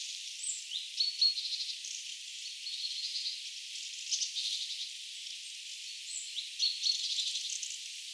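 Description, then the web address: Mistle thrush rattling calls: dry churring bursts repeated throughout, over a steady background hiss. Recorded 7 October 2024. "paivat 7 10 2024 kulorastaan aantelya"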